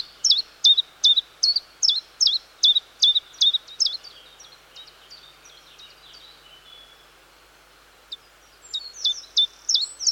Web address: Chiffchaff, with wren, other chiffchaffs and song thrush in distance